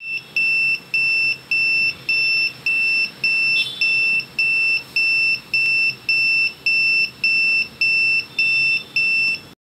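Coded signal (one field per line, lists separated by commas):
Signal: none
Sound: buzzer circuit beeping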